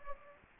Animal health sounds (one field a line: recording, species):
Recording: mosquito wingbeat signal from an infrared sensor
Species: Anopheles gambiae